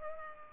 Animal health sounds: mosquito wingbeat signal from an infrared sensor; Culex pipiens

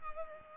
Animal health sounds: mosquito wingbeat signal from an infrared sensor; Culex pipiens

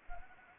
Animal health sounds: mosquito wingbeat signal from an infrared sensor; Anopheles arabiensis

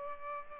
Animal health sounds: mosquito wingbeat signal from an infrared sensor; Aedes aegypti

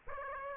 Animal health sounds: mosquito wingbeat signal from an infrared sensor; Aedes aegypti

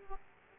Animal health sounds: mosquito wingbeat signal from an infrared sensor; Aedes aegypti

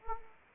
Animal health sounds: mosquito wingbeat signal from an infrared sensor; Anopheles arabiensis

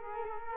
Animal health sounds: mosquito wingbeat signal from an infrared sensor; Culex quinquefasciatus

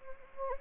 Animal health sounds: mosquito wingbeat signal from an infrared sensor; Anopheles gambiae

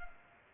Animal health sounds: mosquito wingbeat signal from an infrared sensor; Culex pipiens

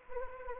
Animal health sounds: mosquito wingbeat signal from an infrared sensor; Anopheles arabiensis

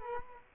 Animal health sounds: mosquito wingbeat signal from an infrared sensor; Culex quinquefasciatus

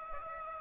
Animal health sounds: mosquito wingbeat signal from an infrared sensor; Aedes aegypti

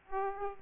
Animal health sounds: mosquito wingbeat signal from an infrared sensor; Aedes aegypti

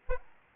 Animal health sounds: mosquito wingbeat signal from an infrared sensor; Aedes albopictus

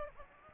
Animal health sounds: mosquito wingbeat signal from an infrared sensor; Aedes aegypti

